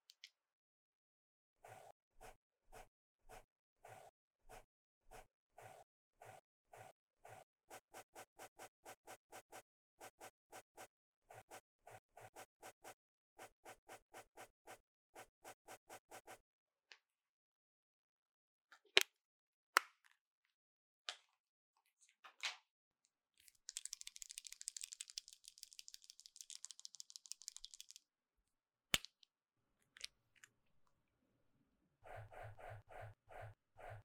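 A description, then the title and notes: Crisp makeup sounds: rapid regular tapping for sixteen seconds, scattered sharp clicks, a brief bright brushing hiss, then tapping resumes. 10分鐘快速上妝. Doing Your Makeup in 10 Minutes | NO Talking.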